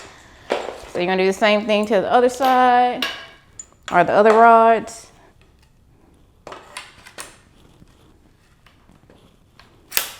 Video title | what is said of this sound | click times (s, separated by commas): How to Setup Westcott Eyelighter | all right so those are snapped into place | 6.5 s, 10.0 s